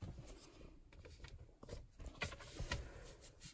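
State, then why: Seated. A plastic phone holder mount for the 2018-2020 Honda Accord (all models) is pressed into a groove in the factory dashboard trim panel by the vent. After some soft handling and rubbing noises, it pops into place with sharp clicks at 2.2 s and 2.7 s, and the mount is seated.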